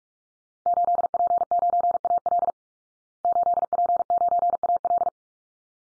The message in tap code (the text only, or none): none